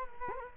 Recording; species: mosquito wingbeat signal from an infrared sensor; Culex quinquefasciatus